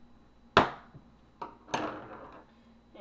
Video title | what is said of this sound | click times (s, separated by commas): How To Solder EC5 Connectors | push down till you hear it click | 0.6 s